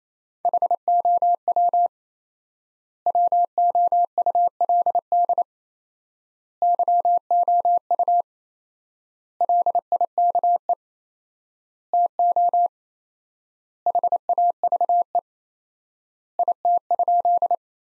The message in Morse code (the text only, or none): HOW WOULD YOU LIKE TO HAVE IT?